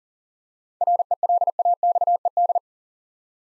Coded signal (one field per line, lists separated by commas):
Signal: Morse code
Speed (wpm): 39 wpm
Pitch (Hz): 700 Hz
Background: none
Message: RELAXED